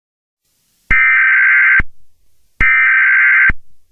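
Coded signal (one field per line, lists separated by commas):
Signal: Emergency Alert System (SAME) tones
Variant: header bursts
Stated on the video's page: Fictional EAS scenario with simulated alert tones.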